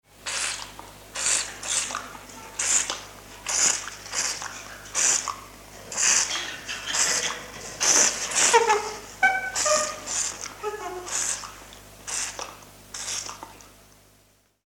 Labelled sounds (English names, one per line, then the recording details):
Chimpanzee
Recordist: Tembrock, Günter
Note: Fressgeräusche